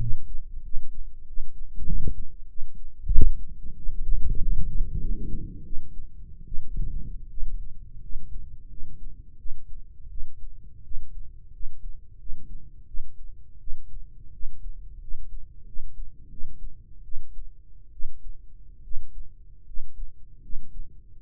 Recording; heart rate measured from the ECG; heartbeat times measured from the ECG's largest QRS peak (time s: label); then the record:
heart sounds by microphone in the right ear; 85 bpm
0.63 s: heartbeat
1.25 s: heartbeat
1.86 s: heartbeat
2.47 s: heartbeat
3.10 s: heartbeat
3.75 s: heartbeat
4.38 s: heartbeat
4.99 s: heartbeat
5.63 s: heartbeat
6.45 s: heartbeat
7.28 s: heartbeat
8.01 s: heartbeat
8.68 s: heartbeat
9.37 s: heartbeat
10.08 s: heartbeat
10.82 s: heartbeat
11.51 s: heartbeat
12.17 s: heartbeat
12.85 s: heartbeat
13.58 s: heartbeat
14.31 s: heartbeat
14.99 s: heartbeat
15.65 s: heartbeat
16.29 s: heartbeat
17.03 s: heartbeat
17.91 s: heartbeat
18.82 s: heartbeat
19.64 s: heartbeat
20.41 s: heartbeat
21.18 s: heartbeat
From the record:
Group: healthy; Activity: rest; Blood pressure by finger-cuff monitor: 109/71 mmHg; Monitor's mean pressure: 79 mmHg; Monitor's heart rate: 90 bpm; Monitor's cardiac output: 6.9 L/min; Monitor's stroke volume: 77 mL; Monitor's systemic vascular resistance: 850 dyn s/cm5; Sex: male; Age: 21 years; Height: 170 cm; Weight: 71 kg